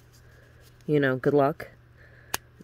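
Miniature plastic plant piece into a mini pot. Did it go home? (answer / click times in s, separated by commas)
yes / 2.3 s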